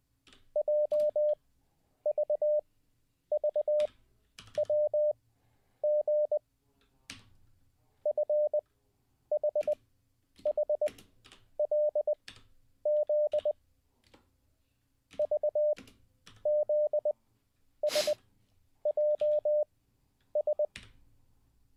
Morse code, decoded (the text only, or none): JVVWG FHHLZ VZSJS